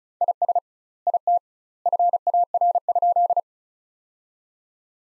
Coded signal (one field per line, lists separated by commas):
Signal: Morse code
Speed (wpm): 34 wpm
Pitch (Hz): 700 Hz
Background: none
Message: IS IT FAR?